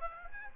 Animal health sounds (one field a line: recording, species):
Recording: mosquito wingbeat signal from an infrared sensor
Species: Aedes aegypti